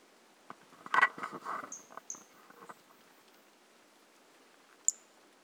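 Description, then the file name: Brachycephalus mirissimus producing a couple of short high whistled notes and one later sharp note, following a burst of rustling and knocking. Individual 03 recorded on 18 January 2018, not collected; the first two notes of the call are missing. "Brachycephalus mirissimus 18 jan 2018 individual 03 two initial notes missing"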